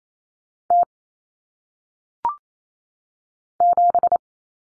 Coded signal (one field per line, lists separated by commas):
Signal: Morse code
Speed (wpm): 28 wpm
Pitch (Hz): 700 Hz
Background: none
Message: T 7